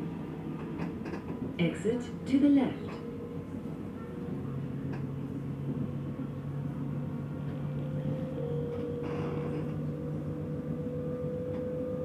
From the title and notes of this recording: Relaxing Circuit on Berlin's Ringbahn. Authentic audio recording of this unique S-Bahn trip.